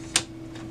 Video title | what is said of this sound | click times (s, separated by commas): Brother Intellifax 2840 - How to Replace & Reset Your Drum - Onyx Imaging | tab you want to just slide it over and you want to put it back in its locking place so you'll be able to hear that | 0.2 s